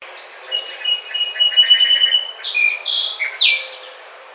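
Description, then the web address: Song sparrow song, opening with a series of thin, even notes, then a jumble of higher, sharper notes. Recorded 21 May 2009. "Song Sparrow 2009 05 21"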